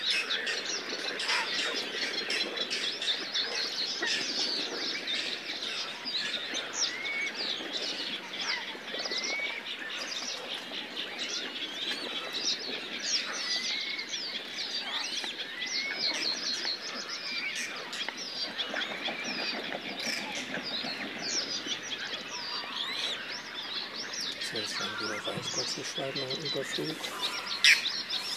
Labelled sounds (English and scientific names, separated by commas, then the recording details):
Whiskered Tern (Chlidonias hybrida) flight call
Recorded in the wild
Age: adult
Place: Kützerhof, Kummerower See, Mecklenburg-Vorpommern, DE
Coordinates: 53.8531, 12.8686
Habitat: wetland
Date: 2010-06-22
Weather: fair, 8°C, weak winds
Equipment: Sound Devices 702, Rode NT1-A Stereopaar
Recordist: Frommolt, Karl-Heinz
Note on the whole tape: Straße vom Kützerhof nach Aalbude, Polder Große Rosin: Weißbartseeschwalben im Vorbeiflug. Tiere gesehen